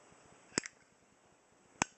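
The hinged metal lid of a Zippo windproof lighter is pushed up against the hinge cam, giving two faint sharp ticks at about 0.6 and 0.7 s. At 1.8 s a loud, crisp click sounds as the lid passes the cam, so it will swing open instead of falling back.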